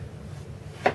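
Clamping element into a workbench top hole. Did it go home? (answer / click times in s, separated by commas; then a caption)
yes / 0.9 s. A clamping element is pushed into a hole in the perforated top of an MFT3 multifunction workbench until it locks, before being tightened down on the wood. Over a low, steady hum, a single sharp hit rings out at 0.9 s as the clamp locks into place.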